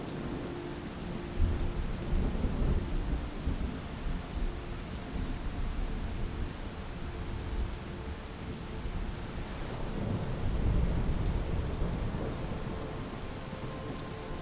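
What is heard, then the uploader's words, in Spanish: A thunderstorm with steady, dense rain hissing across the whole clip. Deep rumbles of thunder swell around the second and again near the tenth to eleventh seconds, and soft sustained music tones sit low beneath the downpour. El sonido reconfortante de una tormenta natural con las armonías pacíficas de una música cuidadosamente seleccionada.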